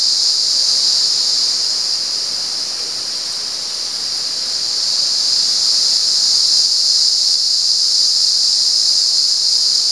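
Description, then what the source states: Cicada high-pitched continuous buzz, waning a little midway and then strengthening again. At San Ramon.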